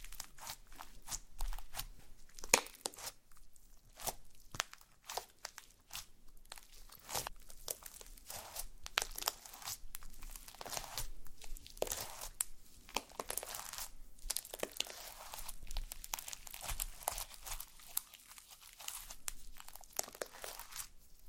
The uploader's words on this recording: ASMR SLIME SATISFYING - NO TALKING.